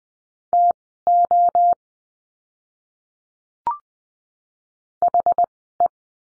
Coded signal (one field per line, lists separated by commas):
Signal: Morse code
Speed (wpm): 20 wpm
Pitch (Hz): 700 Hz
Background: none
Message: TO HE